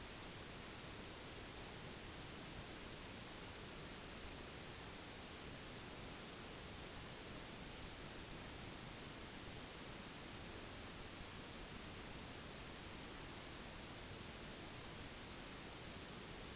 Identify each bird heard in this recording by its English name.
none